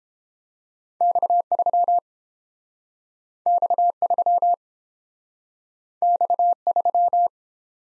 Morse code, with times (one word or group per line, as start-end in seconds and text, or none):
1.0-2.0 X3
3.5-4.5 X3
6.0-7.3 X3